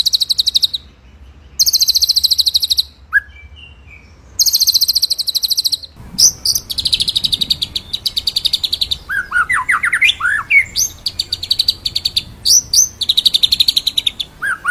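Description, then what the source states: White-rumped shama song: loud high buzzy trills alternate with pauses, then a busy stretch of chattering notes and lower rising whistled phrases. Masteran recording used to train songbirds; full rolling ('ngerol') song in 'nembak' style.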